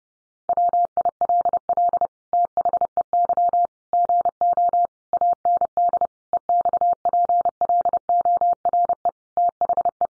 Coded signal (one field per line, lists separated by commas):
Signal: Morse code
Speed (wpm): 30 wpm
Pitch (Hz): 700 Hz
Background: none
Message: WILL THEY GO AND EXPLORE THE